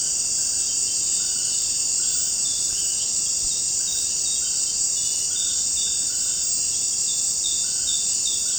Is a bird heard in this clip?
no